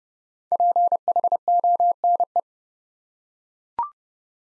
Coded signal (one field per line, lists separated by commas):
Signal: Morse code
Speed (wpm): 30 wpm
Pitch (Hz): 700 Hz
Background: none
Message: PHONE